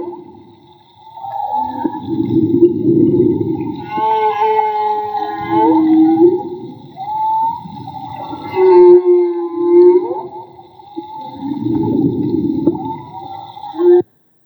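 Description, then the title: Whale song with rough low grunts alternating with higher wavering, rising and falling tonal moans, several phrases over about fourteen seconds, ending abruptly. Whale song captured with a hydrophone in the Gulf of Tribugá. "CANTO DE BALLENAS CON UN HIDROFONO MAGMA"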